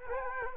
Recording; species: mosquito wingbeat signal from an infrared sensor; Culex quinquefasciatus